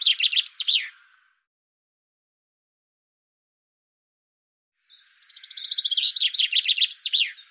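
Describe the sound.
Bird singing a high, fast trill of chirping notes in two bursts, the second longer, separated by several seconds of silence.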